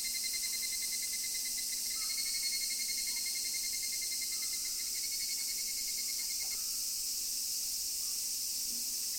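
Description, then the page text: Evening cicada song, a steady high shimmering drone with a rapidly pulsed ringing tone that stops about two-thirds of the way through. Summer evening. "虫の音 夏の夕暮れ(蜩、鴉の声). Tuneforest. 夏の夕暮れのヒグラシ、鴉の鳴き声。"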